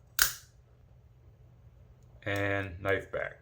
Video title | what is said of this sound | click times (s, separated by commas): MICROTTECH 231-4 UTX-85 KNIFE UNMBOXING & REVIEW - MY NEW BEST KNIFE | so fairly fast action and it also is locked into place | 0.2 s